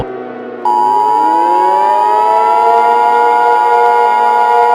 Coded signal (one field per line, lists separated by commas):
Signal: Emergency Alert System (SAME) tones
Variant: 853 and 960 Hz attention tone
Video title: EAS Scenario: Chemical Explosives